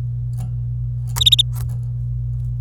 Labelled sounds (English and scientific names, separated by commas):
Domestic Canary (Serinus canaria) song